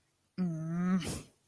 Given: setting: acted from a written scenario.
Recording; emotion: vocal sound without words; anger